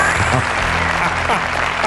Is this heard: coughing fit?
no